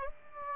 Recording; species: mosquito wingbeat signal from an infrared sensor; Aedes aegypti